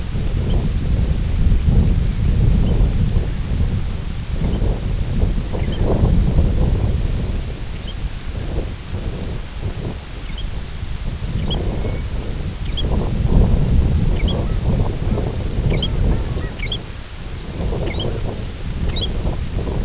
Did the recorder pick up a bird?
yes